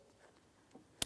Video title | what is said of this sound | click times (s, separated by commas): How to Replace Wiper Blade Set 2007-2014 GMC Sierra 2500 HD | We're pressing it in, listening for an audible click, and giving it a light tug. | 1.0 s